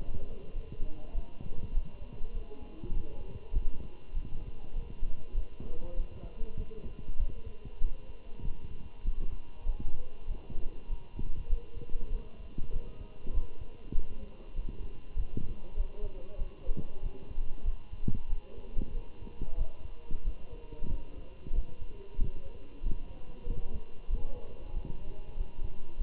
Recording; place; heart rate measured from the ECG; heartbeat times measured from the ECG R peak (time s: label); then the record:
heart sounds by stethoscope; between the tricuspid and mitral areas; 97 bpm
0.54 s: heartbeat
1.14 s: heartbeat
1.74 s: heartbeat
2.34 s: heartbeat
2.93 s: heartbeat
3.53 s: heartbeat
4.14 s: heartbeat
4.74 s: heartbeat
5.34 s: heartbeat
5.96 s: heartbeat
6.58 s: heartbeat
7.19 s: heartbeat
7.81 s: heartbeat
8.43 s: heartbeat
9.04 s: heartbeat
9.66 s: heartbeat
10.27 s: heartbeat
10.89 s: heartbeat
11.49 s: heartbeat
12.11 s: heartbeat
12.72 s: heartbeat
13.33 s: heartbeat
13.95 s: heartbeat
14.55 s: heartbeat
15.16 s: heartbeat
15.77 s: heartbeat
16.38 s: heartbeat
17.02 s: heartbeat
17.65 s: heartbeat
18.29 s: heartbeat
18.93 s: heartbeat
19.57 s: heartbeat
20.24 s: heartbeat
20.90 s: heartbeat
21.54 s: heartbeat
22.18 s: heartbeat
22.83 s: heartbeat
23.46 s: heartbeat
24.09 s: heartbeat
24.73 s: heartbeat
25.37 s: heartbeat
25.98 s: heartbeat
From the record:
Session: Bruce protocol treadmill stress test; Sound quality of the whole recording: good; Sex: male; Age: 27 years